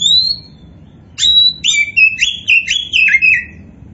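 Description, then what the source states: Oriental magpie-robin giving a long clear whistle, then a fast series of descending slurred whistled notes. A 'kacer poci' type magpie-robin described as 'gacor', the bird-keepers' term for a bird in full, continuous song.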